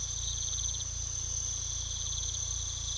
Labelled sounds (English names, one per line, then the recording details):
none
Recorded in pastures near Puerto Asís, Putumayo, Colombia, on 18 December 2024 at 04:00
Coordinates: 0.486, -76.323
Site GP01